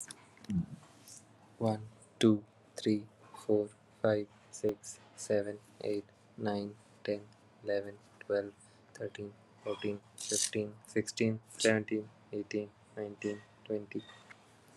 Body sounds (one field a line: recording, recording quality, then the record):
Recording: counting at a normal pace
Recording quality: excellent, no background noise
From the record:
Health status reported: recovered from COVID-19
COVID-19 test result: negative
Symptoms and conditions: asthma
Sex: male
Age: 26 years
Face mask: not worn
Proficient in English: yes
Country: India